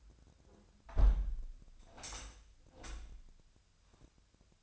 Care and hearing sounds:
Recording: daily activity, microphone in the room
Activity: close window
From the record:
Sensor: 2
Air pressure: 1006.2 hPa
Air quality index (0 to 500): 184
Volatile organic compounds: 10 ppm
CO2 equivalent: 2247 ppm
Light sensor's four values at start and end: 8/20/8/8 and 8/20/8/8

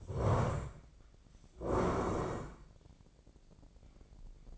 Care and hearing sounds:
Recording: daily activity, microphone in the room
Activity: stand up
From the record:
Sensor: 5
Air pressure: 1012.4 hPa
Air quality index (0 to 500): 146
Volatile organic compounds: 2 ppm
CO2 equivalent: 1008 ppm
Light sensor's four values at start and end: 286/685/292/325 and 286/684/292/324

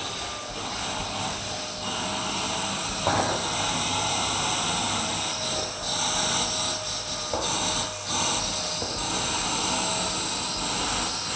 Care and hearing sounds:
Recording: daily activity, microphone in the room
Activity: vacuum cleaning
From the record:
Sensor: 2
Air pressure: 999.1 hPa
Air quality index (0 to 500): 202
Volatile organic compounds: 31 ppm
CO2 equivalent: 2983 ppm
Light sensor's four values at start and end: 6/14/6/6 and 6/14/6/6

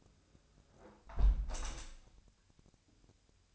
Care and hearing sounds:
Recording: daily activity, microphone in the room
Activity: close window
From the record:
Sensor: 2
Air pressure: 1014.8 hPa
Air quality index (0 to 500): 28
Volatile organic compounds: 1 ppm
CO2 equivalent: 521 ppm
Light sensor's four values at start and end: 8/19/8/8 and 8/19/8/8

